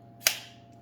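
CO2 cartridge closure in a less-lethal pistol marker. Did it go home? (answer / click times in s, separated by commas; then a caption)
yes / 0.3 s. While a less-lethal pistol marker is being gassed up, its CO2 cartridge closure clicks home with a single sharp, bright click at 0.3 s as the gas mechanism closes and locks. The click is broadband and decays over about a quarter second, over a faint steady low hum. The CO2 loading is seated.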